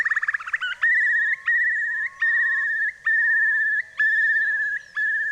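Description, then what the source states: Eurasian curlew calling: a fast bubbling trill opens, then long steady whistled notes follow, broken by several short pauses. Described as a rarity.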